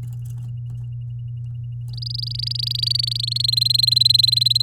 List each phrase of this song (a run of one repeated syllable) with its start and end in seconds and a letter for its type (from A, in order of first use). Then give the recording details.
1.88-3.50 A, 3.52-4.62 B. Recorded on 9 May 2018 at 08:20. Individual llb16